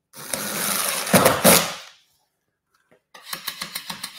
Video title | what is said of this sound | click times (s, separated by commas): Drywall Fundamentals LIVE - Hanging, Mudding & Repair | that clicking is me hitting the screw head | 3.3 s, 3.5 s, 3.6 s, 3.8 s, 3.9 s